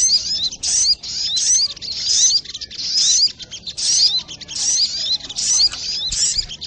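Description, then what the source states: Little spiderhunter song of dense, piercing chitters and slurred notes in short phrases, repeated over and over with little pause. Training recording (masteran).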